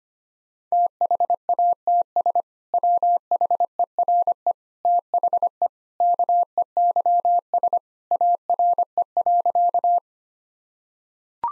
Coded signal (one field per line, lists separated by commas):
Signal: Morse code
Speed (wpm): 25 wpm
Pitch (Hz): 700 Hz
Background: none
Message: THATS WHERE THE KEYS ARE.